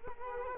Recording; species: mosquito wingbeat signal from an infrared sensor; Culex quinquefasciatus